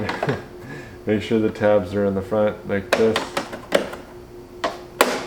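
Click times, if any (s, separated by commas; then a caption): 5.0 s. Someone talks while fitting a filter into a Coway air purifier housing with its plastic tabs facing the front and pushing it home. A few handling knocks are followed by a sharp click at 5.0 s as the filter seats in place.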